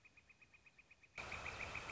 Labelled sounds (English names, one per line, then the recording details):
Northern Flicker
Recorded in Sonoma County, California